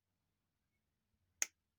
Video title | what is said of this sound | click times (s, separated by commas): Vid 446 Transformers Dinobot Grimlock & Decepticon Starscream | and pull the head up until it clicks | 1.4 s